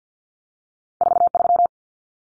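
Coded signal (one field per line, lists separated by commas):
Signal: Morse code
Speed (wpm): 50 wpm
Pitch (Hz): 700 Hz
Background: none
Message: 43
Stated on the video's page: Morse code drill at 50 wpm of two-digit cut numbers using T, A, N for 0, 1, 9, each sent, spoken, then sent again.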